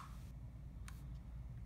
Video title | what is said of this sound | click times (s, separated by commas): Liftmaster: Universal Remote | slide forward till it clicks | 0.9 s